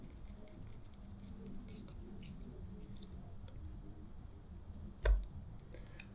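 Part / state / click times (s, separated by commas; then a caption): screwdriver tip in a screw head / stripped / 5.1 s. A test screwdriver is turned by hand to torque a screw until its tip cams out of the screw head. A low steady rumble runs throughout, then a sharp click at 5.1 s marks the tip slipping out. The tip cams out more easily than the Klein.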